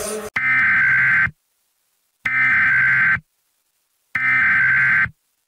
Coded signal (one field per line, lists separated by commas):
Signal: Emergency Alert System (SAME) tones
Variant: header bursts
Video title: EAS Scenario #2 | Uwucutesingle Virus | An EAS Scenario